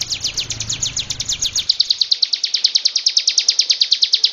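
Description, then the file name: Long-tailed shrike delivering a steady rapid series of high, sharp repeated notes, with a low background rumble that stops partway through. Song in combination variations. "kombinasi cendet variasi"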